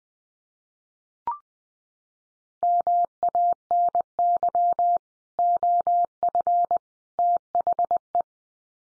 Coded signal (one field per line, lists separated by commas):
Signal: Morse code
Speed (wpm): 20 wpm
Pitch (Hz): 700 Hz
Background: none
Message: MANY OF THE